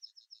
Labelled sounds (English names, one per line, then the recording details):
Yellowhammer song
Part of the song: start
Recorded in the Czech Republic on 11 June 2012
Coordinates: 49.109, 15.162
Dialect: BC
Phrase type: F34
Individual 299690